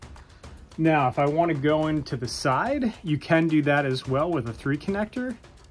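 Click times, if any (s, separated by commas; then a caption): none. A plastic three-slot connector is handled and brought to the side of a coaster track while someone talks over faint taps of handling. The clip ends before the connector goes home, and nothing has seated or clicked yet.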